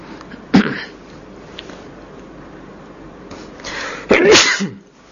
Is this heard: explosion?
no